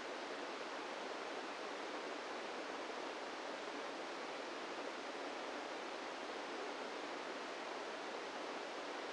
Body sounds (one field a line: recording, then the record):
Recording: brain microelectrode recording played as sound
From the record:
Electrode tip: inside the subthalamic nucleus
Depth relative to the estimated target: -2 mm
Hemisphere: right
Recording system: NeuroSet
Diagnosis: Parkinson's disease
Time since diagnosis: 17 years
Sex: male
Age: 64 years